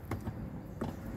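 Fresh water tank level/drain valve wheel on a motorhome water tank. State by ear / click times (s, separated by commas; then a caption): seated / 0.1 s, 0.8 s. The small plastic wheel on the fresh water tank drain valve of a 2023 Burstner Lyseo TD594 motorhome is turned clockwise to close it. Two short clicks are heard at 0.1 s and 0.8 s as the valve drops into its detent positions, the first setting the tank to fill to 20 litres and finger-tight filling it fully. The valve seats in its click positions.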